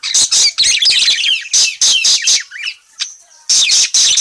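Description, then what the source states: Parakeet chatter: loud, scratchy high chirps tumbling together, a short lull, then another burst of shrill notes. Bird calling, described as gacor (very vocal, chatty).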